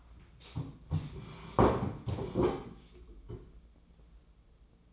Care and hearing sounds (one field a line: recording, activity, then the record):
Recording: daily activity, microphone in the room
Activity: sit down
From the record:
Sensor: 1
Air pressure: 996.0 hPa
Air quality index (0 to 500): 237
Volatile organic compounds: 1000 ppm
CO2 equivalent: 6908 ppm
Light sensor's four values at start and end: 34/84/36/43 and 35/87/37/45